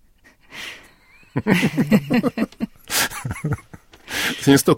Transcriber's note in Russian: Смеется